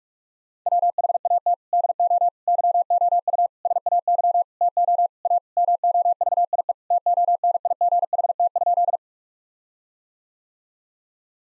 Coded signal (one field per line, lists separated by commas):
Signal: Morse code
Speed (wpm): 46 wpm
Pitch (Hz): 700 Hz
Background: none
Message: WHAT DO YOU SAY TO A MOVIE TONIGHT?